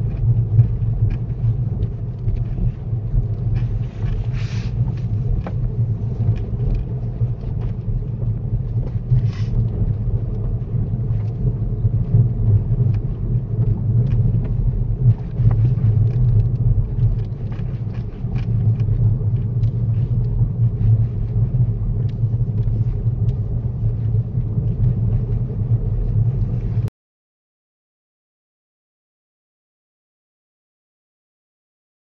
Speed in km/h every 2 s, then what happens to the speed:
16, 18, 18, 19, 24, 24, 23, 21, 21, 19, 19, 19, 24, 26, 24, 21.
0-8 speeds up to 24. 8-22 steady at about 21. 22-25 speeds up to 26.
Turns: none.